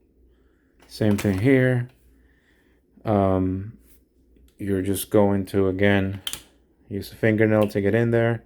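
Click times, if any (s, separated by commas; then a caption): none. A plastic arm on a Transformers Studio Series 86 Slug transforming toy robot is being handled, with a fingernail used to pull the folded arm out toward its shoulder slot. Someone talks throughout, with only faint handling noise between the words. Nothing has seated or clicked yet; the arm has not slotted into place by the end.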